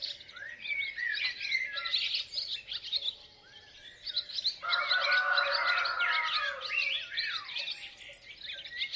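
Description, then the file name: Chicken: rooster crow rises out of constant small-bird chirping midway through, a loud held call of nearly two seconds, with the twittering chorus carrying on around it. "Rooster Crowing Sound"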